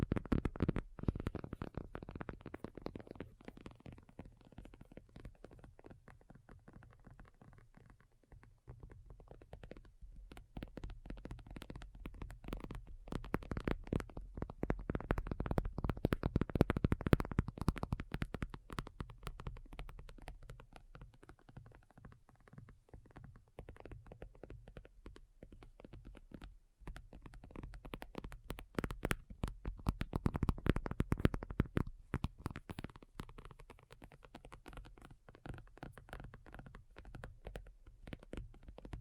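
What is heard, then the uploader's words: ASMR tapping made of rapid, dense taps that run without pause, mostly low and thuddy with a soft rumble underneath. The sound swells louder in waves, peaking around 2, 16 and 31 seconds, and thins out briefly near 9 and 26 seconds. ASMR Addictive Tapping. (No Talking).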